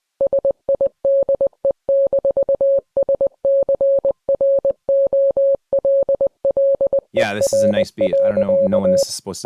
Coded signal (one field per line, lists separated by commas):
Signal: Morse code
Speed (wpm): 20 wpm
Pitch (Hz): 550 Hz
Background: speech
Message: SIDE-SCROLLER.